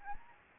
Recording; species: mosquito wingbeat signal from an infrared sensor; Anopheles gambiae